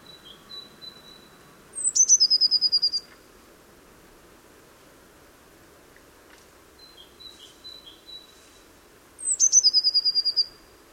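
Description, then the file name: Eurasian blue tit song: very high, thin notes falling into a fast, bright trill, given twice, with soft high piping notes between the phrases. "Cyanistes caeruleus"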